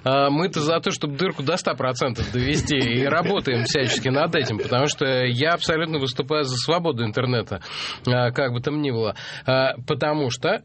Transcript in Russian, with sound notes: Мы-то за то, чтобы дырку до ста процентов довести, и работаем всячески над этим. (смех) Потому что я абсолютно выступаю за свободу интернета, как бы там ни было, потому что…